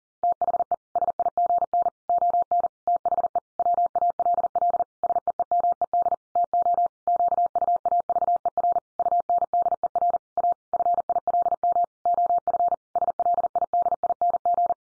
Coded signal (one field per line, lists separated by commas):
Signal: Morse code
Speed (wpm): 40 wpm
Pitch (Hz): 700 Hz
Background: none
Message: THE SIGN ON THE WALL SEEMED TO QUAVER UNDER A FILM OF SLIDING